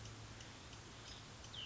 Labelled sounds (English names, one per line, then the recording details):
Cassin's Vireo
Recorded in Sonoma County, California